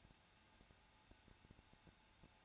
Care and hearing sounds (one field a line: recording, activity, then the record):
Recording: daily activity, microphone in the room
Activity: no activity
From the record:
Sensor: 2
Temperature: 21.0 degrees Celsius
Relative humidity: 34.2%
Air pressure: 994.3 hPa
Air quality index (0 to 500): 172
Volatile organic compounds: 3 ppm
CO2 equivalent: 1334 ppm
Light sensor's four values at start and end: 2/3/2/2 and 2/3/2/2